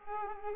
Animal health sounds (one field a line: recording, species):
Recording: mosquito wingbeat signal from an infrared sensor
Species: Culex pipiens